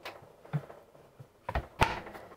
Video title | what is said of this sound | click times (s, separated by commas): BougeRV Ultimate Electric Fridge/Freezer Cooler. RV, Camping, Tailgate, Golf Cart 👍 | so we can see here we have a nice latch that locks into place and doesn't allow you to open | 1.8 s